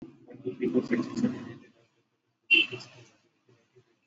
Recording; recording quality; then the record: counting at a fast pace; poor, much background noise or distortion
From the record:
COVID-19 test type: RT-PCR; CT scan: not taken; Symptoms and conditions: cough, cold, fever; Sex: male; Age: 53 years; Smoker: no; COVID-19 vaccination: both doses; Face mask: worn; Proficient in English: yes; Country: India